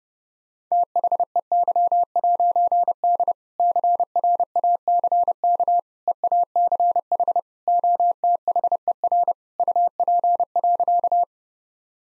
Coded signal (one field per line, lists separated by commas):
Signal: Morse code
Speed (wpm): 30 wpm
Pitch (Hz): 700 Hz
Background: none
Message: THEY'D CRACK EACH OTHER UP.